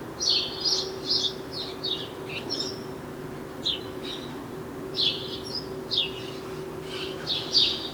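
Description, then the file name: House sparrow chirping, a steady string of short bright chirps with brief pauses, over a low background hum. "Passer domesticus"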